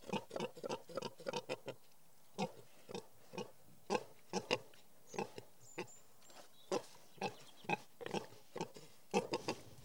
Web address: The BBC Sound Effects Library (Animals Birds) Pigs